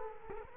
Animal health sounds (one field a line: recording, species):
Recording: mosquito wingbeat signal from an infrared sensor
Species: Culex quinquefasciatus